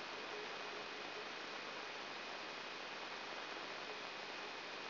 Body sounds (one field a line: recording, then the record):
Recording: brain microelectrode recording played as sound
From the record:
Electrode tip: outside the subthalamic nucleus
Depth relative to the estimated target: 3 mm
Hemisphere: right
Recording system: AlphaMap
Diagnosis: Parkinson's disease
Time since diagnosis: 19 years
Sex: male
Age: 59 years